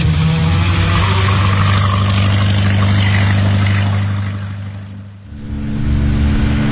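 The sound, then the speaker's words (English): A boat engine drones steadily, low-pitched, loudly and continuously, dipping briefly before its rumble returns with a shifted tone. “Why is this boat so slow?”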